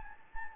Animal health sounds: mosquito wingbeat signal from an infrared sensor; Anopheles gambiae

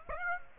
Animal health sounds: mosquito wingbeat signal from an infrared sensor; Aedes aegypti

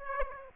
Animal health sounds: mosquito wingbeat signal from an infrared sensor; Aedes aegypti

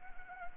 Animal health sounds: mosquito wingbeat signal from an infrared sensor; Anopheles arabiensis

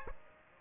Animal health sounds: mosquito wingbeat signal from an infrared sensor; Aedes aegypti

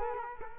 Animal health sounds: mosquito wingbeat signal from an infrared sensor; Culex quinquefasciatus

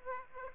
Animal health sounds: mosquito wingbeat signal from an infrared sensor; Aedes aegypti

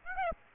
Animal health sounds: mosquito wingbeat signal from an infrared sensor; Aedes aegypti

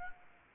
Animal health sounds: mosquito wingbeat signal from an infrared sensor; Anopheles arabiensis

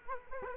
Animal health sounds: mosquito wingbeat signal from an infrared sensor; Culex quinquefasciatus

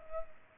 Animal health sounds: mosquito wingbeat signal from an infrared sensor; Culex pipiens

